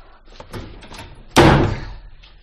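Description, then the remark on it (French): A closet door is pushed shut after a second of soft scraping and shuffling, landing with a single loud, heavy thud that rings briefly and fades out. “Le voilà ligoté et bâillonné. Refermons le réduit.”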